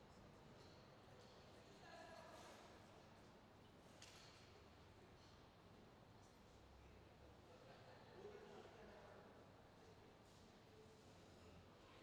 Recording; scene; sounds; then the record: everyday scene through a hearing-aid microphone; reverberant space; background noise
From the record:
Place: railway station hall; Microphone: in the ear canal, left